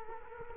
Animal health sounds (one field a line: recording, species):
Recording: mosquito wingbeat signal from an infrared sensor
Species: Culex quinquefasciatus